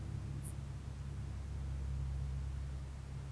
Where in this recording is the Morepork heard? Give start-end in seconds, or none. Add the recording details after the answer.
none. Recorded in New Zealand on 1 June 2017. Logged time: 19:46. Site Taranaki